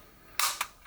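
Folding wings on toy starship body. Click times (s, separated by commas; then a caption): 0.4 s. The plastic folding wings on the body of a small toy starship are swung open and click into place with a sharp snap at 0.4 s. A second, shorter click follows at about 0.6 s, then a faint tick near 0.9 s. The wings end up seated in the open position.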